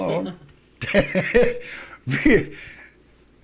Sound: he laughs

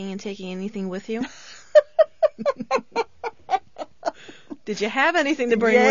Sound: she laughs heartily

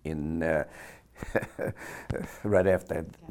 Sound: laughs

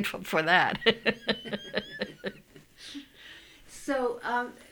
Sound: she laughs

